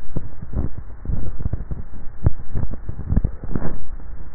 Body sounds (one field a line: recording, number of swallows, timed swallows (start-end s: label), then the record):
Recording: swallowing sounds by neck microphone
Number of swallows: 2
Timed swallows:
0.62-1.25 s: swallow
2.22-3.22 s: swallow
From the record:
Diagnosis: dysphagia